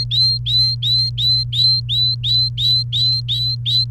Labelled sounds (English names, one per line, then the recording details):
Domestic Canary song
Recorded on 28 April 2018 at 16:08
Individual llb3